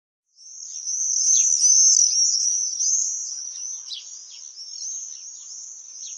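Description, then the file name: Common swift, piercing high screams in rapid rippling trills, loudest early on and then easing off slightly while still calling steadily. "Jerzyk"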